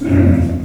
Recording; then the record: squeal of a Yucatan mini pig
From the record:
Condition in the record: after surgery on the right vocal fold (resection and tissue-engineered implant); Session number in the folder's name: 4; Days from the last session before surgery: 26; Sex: female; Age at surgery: 19 weeks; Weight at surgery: 25 kg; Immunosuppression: prednisolone